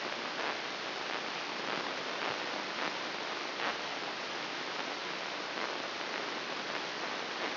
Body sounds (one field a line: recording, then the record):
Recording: brain microelectrode recording played as sound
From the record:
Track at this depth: inside the subthalamic nucleus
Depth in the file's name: 6.105 mm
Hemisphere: left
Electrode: 3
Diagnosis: Parkinson's disease